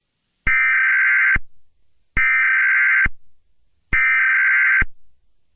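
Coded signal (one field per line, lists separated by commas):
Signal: Emergency Alert System (SAME) tones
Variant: header bursts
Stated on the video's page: Fictional EAS scenario, a simulated alert with loud noises.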